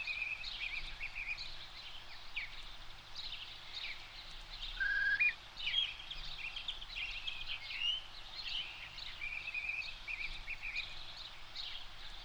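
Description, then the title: Bird song: thin high chirps and a few clear whistled notes near the middle over steady background hiss. "Cantos dos Pássaros (2005). Pássaros X"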